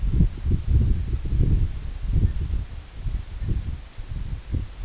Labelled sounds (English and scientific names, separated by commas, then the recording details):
Canada Goose (Branta canadensis)
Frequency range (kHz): Canada Goose (Branta canadensis) 1.1-2.5 kHz
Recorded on Arctic tundra, site EABA-1, on 24 June 2018
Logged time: 10:00